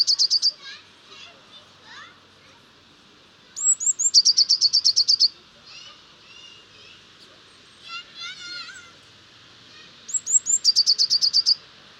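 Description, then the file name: Eurasian blue tit song heard three times: a quick, ringing trill at the start, then twice more with high thin notes introducing the trill, with quieter twitters between phrases. "Cyanistes caeruleus"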